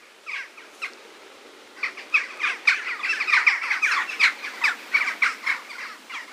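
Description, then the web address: Bird calls, a rapid series of short sharp chirps, sparse at first then dense and steady, over a constant hiss of background noise. "musicradar outdoor-samples Birds Various"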